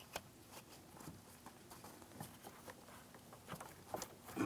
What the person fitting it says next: Okay, there's my audible click.